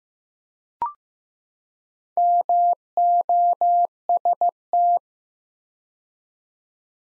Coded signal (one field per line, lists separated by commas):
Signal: Morse code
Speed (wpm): 15 wpm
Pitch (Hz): 700 Hz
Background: none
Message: MOST